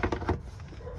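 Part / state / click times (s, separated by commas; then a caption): plastic terminal cover onto a sprinkler controller housing / not seated / none. A plastic wiring cover is pressed back onto a sprinkler controller housing over thick bundled wires, giving light plastic knocks at about 0.0, 0.1 and 0.3 seconds and a fainter one near 0.6 seconds. The cover does not snap back on, and nothing has seated or clicked yet.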